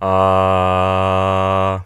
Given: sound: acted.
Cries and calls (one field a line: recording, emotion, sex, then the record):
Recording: nonverbal affect burst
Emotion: neutral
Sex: male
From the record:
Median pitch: 95 Hz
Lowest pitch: 85 Hz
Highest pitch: 101 Hz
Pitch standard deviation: 1 Hz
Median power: 78.9 dB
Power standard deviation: 5.6 dB